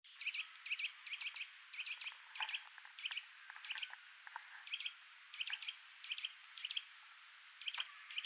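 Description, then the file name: Eurasian nuthatch giving high, sharp paired chirps in quick irregular bursts, with softer lower notes in between. "Sitta europaea"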